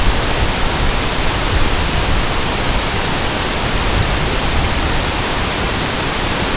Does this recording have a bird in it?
no